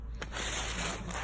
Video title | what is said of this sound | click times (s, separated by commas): Max Tow Truck - Mini Tow Yard Set Up | Snapped into place. | 0.2 s